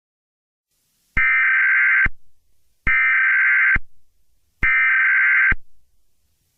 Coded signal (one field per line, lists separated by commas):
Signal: Emergency Alert System (SAME) tones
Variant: header bursts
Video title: EAS Scenario #34: The Wrath of Dio Brando